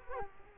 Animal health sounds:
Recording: mosquito wingbeat signal from an infrared sensor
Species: Culex quinquefasciatus

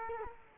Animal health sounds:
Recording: mosquito wingbeat signal from an infrared sensor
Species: Culex quinquefasciatus

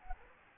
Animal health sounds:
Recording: mosquito wingbeat signal from an infrared sensor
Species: Anopheles gambiae

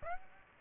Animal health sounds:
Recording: mosquito wingbeat signal from an infrared sensor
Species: Aedes aegypti

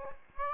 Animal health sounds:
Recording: mosquito wingbeat signal from an infrared sensor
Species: Aedes aegypti

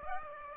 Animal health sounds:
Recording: mosquito wingbeat signal from an infrared sensor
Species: Aedes aegypti

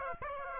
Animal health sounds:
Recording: mosquito wingbeat signal from an infrared sensor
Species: Aedes aegypti

